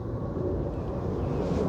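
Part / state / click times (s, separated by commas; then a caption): dashcam cable plug into extension cable connector / not seated / none. A Vantrue F1 motorcycle dashcam cable plug is handled next to its extension cable connector while the dashcam is being installed. There is steady low-frequency noise throughout with no sharp hits. Nothing has seated or clicked yet.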